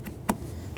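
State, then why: Seated. An electrical plug for the rear quarter power window switch is pushed into the switch on the door panel of a 2008-2020 Dodge Grand Caravan. A sharp click at 0.3 s marks the connector seating, followed by a fainter tick at about 0.8 s over a low background hum.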